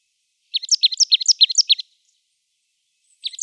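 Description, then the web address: Marsh tit song: a fast run of bright, high notes, a pause, then the start of another run. "Schulze Peter Marsh Tit"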